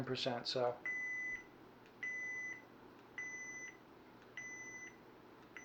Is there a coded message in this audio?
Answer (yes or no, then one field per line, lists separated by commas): no